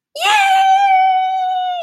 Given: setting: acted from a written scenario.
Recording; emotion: vocal sound without words; elation